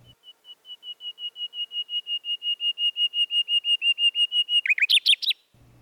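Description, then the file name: Common nightingale song: a long series of pure piping whistles on one pitch, steadily growing louder for about four seconds, then a quick warbled flourish. "fulemule"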